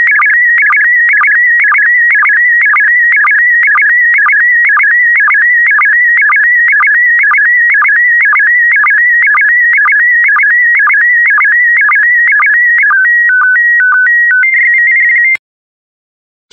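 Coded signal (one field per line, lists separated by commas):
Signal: SSTV (slow-scan television)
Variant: PD120 mode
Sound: steady warbling tone near 2 kHz with rhythmic chirping blips about twice a second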